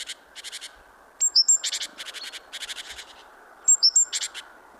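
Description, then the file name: Great tit calls: high whistled notes followed by harsh churring rattles, with softer pulsed chatter filling the gaps, repeated twice over low background hiss. "Parus major"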